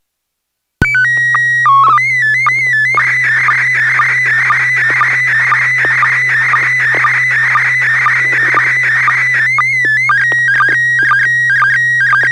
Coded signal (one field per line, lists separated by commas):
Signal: SSTV (slow-scan television)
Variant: PD 120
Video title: N6NA SSTV Net - 09/15/2021